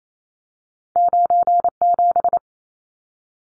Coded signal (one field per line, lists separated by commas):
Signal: Morse code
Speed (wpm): 28 wpm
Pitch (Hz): 700 Hz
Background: none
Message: 97